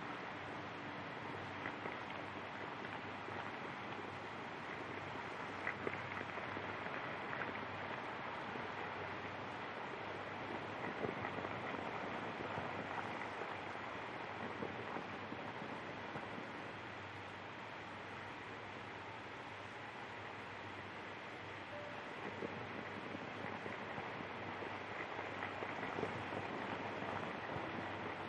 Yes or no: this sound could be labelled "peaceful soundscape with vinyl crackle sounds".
yes